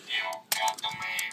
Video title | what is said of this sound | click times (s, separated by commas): Kamen Rider Fourze DX NS MAGPHONE | yeah and see pushing this button opens up it locks in place closed it locks in place open | 0.5 s